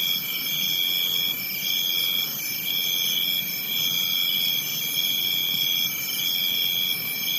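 Crickets trilling together, a high buzzy pulse breaking into bursts about a second long with short gaps, layered over a constant chirring.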